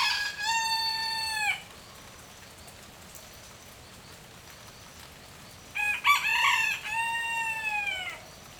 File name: Galo canta agudo na chuva fraca, grilo e passaros longe